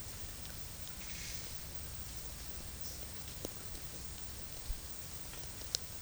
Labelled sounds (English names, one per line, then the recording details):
none
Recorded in dense forest near Puerto Asís, Putumayo, Colombia, on 21 March 2025 at 12:00
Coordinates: 0.484, -76.317
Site G064